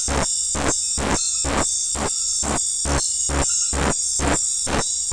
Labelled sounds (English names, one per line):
none